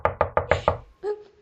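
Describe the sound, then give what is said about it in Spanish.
Five loud, rapid knocks on a door in a steady, insistent rhythm, each a sharp hollow thud, followed by a brief muffled sound and then quiet. “¡Ábreme la puerta!”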